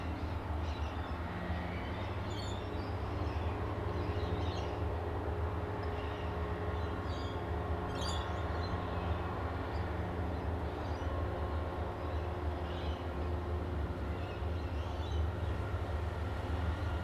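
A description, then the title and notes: Outdoor ambience near a beach, dominated by a steady, dense low roar that holds an even level throughout with no distinct surges. A few faint, short high chirps break through around the third and eighth seconds and again later. Overlooking Tamarama Beach, Bondi, Sydney,. This recording comes from outside the building we stayed in overlooking the beautiful Tamarama Beach, which neighbors the well-known Bondi Beach outside of Sydney. It was a particularly windy, but beautiful day that I was able to capture without too much disturbance from the wind gusts.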